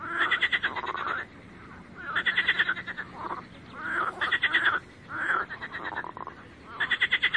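Frog chorus with rattling pulsed croaks in repeated bursts about a second long.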